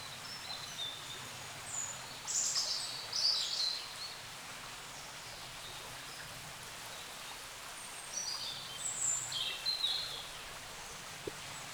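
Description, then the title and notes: Birds singing: a lively burst of high twittering in the first part, then more high chirps later, over soft background noise. Wild birds in forest along a small branch of the Dordogne at the exit of Carennac, France; recorded with a Zoom H5 and XYH-5 microphone. "Carennac - Oiseaux de la Dordogne. Oiseaux Loire forêt Carennac. A la sortie de Carennac, le long d'un petit bras de la Dordogne, les oiseaux dans la forêt"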